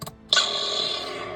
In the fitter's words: Once you hear it click in place and then see the